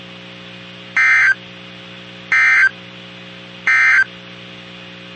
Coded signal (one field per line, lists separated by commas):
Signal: Emergency Alert System (SAME) tones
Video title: EAS 2442-2447 (2/2/24)